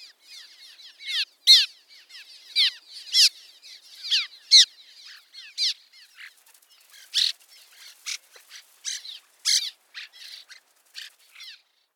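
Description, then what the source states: Cliff Swallow calls, a steady run of squeaky, downslurred chirps interspersed with louder grating creaks, continuing through the whole passage. Call likened to an old man opening rusty gate hinges.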